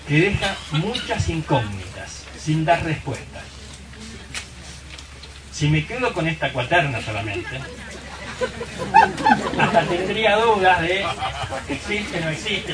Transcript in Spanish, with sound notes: que deja muchas incógnitas sin dar respuestas. Si me quedo con esta cuaterna solamente…… (RISAS) hasta tendría dudas de ¿existe, no existe?,